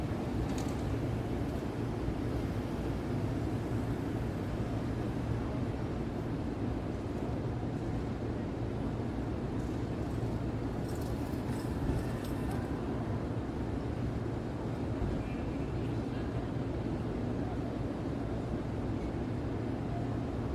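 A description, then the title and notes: A steady, dense rumble of city traffic at night holds an even level throughout, heavy in the low end. Faint brighter clicks and rattles surface around ten to twelve seconds, and a thin high tone briefly sits in the background near fifteen seconds. Open Window New York City Soundscape at Night. Midtown Manhattan City Sounds. City soundscape of Midtown New York City in binaural audio. This is a view of 33rd street from my hotel room in the evening. The audio is not looped and recorded on location.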